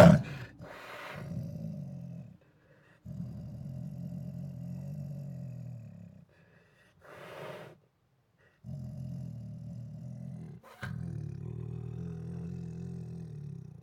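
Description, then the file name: Siberian tiger growling in long, deep rumbling bouts separated by short pauses, with sharp, harsh snarls breaking in near the start, middle and late. Aggressive behaviour: growling combined with roars and snarls. "Siberian Tiger Aggressively Growls With Roars and Snarls [Sound Ideas]"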